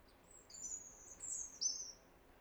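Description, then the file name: European robin: songbird giving a brief, soft series of very high, thin drawn-out whistles with a quick sparkling flourish at the end, over a light background hiss. "Erithacus rubecula"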